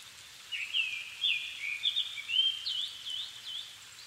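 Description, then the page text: Japanese thrush delivering a long flowing phrase of whistles, ending in a series of quick repeated chirps, with soft hiss behind. 7 May 2011 at 17:59, evening; altitude 270 m; recorded with Sony PCM-D50 and Panasonic WM-61A microphone. "Turdus cardis [Sounds -Nikko Today-]"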